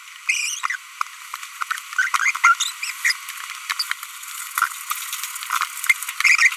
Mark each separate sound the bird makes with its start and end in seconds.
0.28-0.59, 1.99-2.08, 2.14-2.31, 2.44-2.54, 3.05-3.12, 3.79-3.82, 6.20-6.53